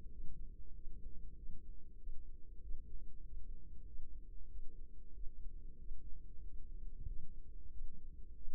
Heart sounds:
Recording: heart sounds by microphone in the right ear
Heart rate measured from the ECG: 95 bpm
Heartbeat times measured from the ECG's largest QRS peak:
0.08 s: heartbeat
0.71 s: heartbeat
1.33 s: heartbeat
1.96 s: heartbeat
2.58 s: heartbeat
3.20 s: heartbeat
3.83 s: heartbeat
4.46 s: heartbeat
5.10 s: heartbeat
5.75 s: heartbeat
6.39 s: heartbeat
7.04 s: heartbeat
7.68 s: heartbeat
8.32 s: heartbeat
From the record:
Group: healthy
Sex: female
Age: 32 years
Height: 172 cm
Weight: 71.7 kg

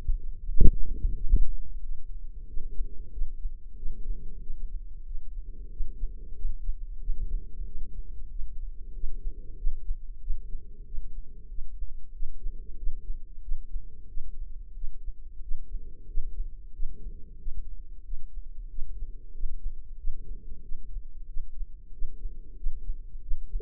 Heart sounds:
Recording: heart sounds by microphone in the left ear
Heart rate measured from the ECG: 92 bpm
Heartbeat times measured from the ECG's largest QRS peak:
0.46 s: heartbeat
1.14 s: heartbeat
1.81 s: heartbeat
2.46 s: heartbeat
3.11 s: heartbeat
3.76 s: heartbeat
4.40 s: heartbeat
5.04 s: heartbeat
5.70 s: heartbeat
6.35 s: heartbeat
6.99 s: heartbeat
7.64 s: heartbeat
8.29 s: heartbeat
8.93 s: heartbeat
9.56 s: heartbeat
10.20 s: heartbeat
10.84 s: heartbeat
11.48 s: heartbeat
12.12 s: heartbeat
12.76 s: heartbeat
13.41 s: heartbeat
14.07 s: heartbeat
14.74 s: heartbeat
15.41 s: heartbeat
16.07 s: heartbeat
16.73 s: heartbeat
17.38 s: heartbeat
18.04 s: heartbeat
18.69 s: heartbeat
19.33 s: heartbeat
19.97 s: heartbeat
20.62 s: heartbeat
21.27 s: heartbeat
21.92 s: heartbeat
22.56 s: heartbeat
23.21 s: heartbeat
From the record:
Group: healthy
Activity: rest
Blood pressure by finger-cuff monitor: 106/70 mmHg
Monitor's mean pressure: 84 mmHg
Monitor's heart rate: 92 bpm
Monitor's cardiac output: 6.3 L/min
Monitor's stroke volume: 67 mL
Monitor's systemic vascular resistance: 970 dyn s/cm5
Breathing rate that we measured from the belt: 18 breaths a minute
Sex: female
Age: 43 years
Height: 160 cm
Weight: 90 kg

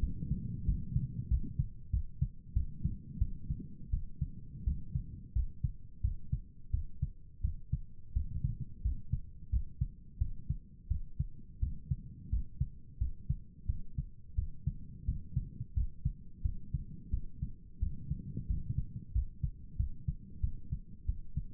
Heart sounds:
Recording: heart sounds by stethoscope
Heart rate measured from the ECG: 88 bpm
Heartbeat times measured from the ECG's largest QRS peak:
0.65 s: heartbeat
1.28 s: heartbeat
1.90 s: heartbeat
2.53 s: heartbeat
3.18 s: heartbeat
3.90 s: heartbeat
4.64 s: heartbeat
5.32 s: heartbeat
6.01 s: heartbeat
6.70 s: heartbeat
7.41 s: heartbeat
8.13 s: heartbeat
8.81 s: heartbeat
9.50 s: heartbeat
10.18 s: heartbeat
10.88 s: heartbeat
11.59 s: heartbeat
12.29 s: heartbeat
12.98 s: heartbeat
13.66 s: heartbeat
14.35 s: heartbeat
15.05 s: heartbeat
15.73 s: heartbeat
16.42 s: heartbeat
17.10 s: heartbeat
17.79 s: heartbeat
18.46 s: heartbeat
19.12 s: heartbeat
19.76 s: heartbeat
20.40 s: heartbeat
21.05 s: heartbeat
From the record:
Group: healthy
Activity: rest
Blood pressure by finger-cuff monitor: 111/67 mmHg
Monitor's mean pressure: 79 mmHg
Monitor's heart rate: 87 bpm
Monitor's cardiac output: 7.8 L/min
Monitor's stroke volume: 89 mL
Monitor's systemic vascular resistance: 730 dyn s/cm5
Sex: male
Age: 19 years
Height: 178 cm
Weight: 83 kg

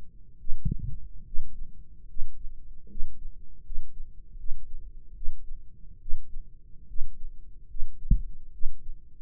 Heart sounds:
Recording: heart sounds by microphone in the right ear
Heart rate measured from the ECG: 74 bpm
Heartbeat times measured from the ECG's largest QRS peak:
0.37 s: heartbeat
1.24 s: heartbeat
2.06 s: heartbeat
2.87 s: heartbeat
3.62 s: heartbeat
4.36 s: heartbeat
5.13 s: heartbeat
5.99 s: heartbeat
6.86 s: heartbeat
7.67 s: heartbeat
8.51 s: heartbeat
From the record:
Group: healthy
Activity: rest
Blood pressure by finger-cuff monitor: 133/76 mmHg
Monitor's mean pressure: 96 mmHg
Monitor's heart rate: 72 bpm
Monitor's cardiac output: 6.5 L/min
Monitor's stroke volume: 90 mL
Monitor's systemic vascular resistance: 1090 dyn s/cm5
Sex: male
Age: 21 years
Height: 180 cm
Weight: 67.5 kg

